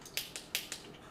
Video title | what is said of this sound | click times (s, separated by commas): AMTP 309 - 6/11/2025 - Part 4 | clicks just fine. | 0.2 s, 0.5 s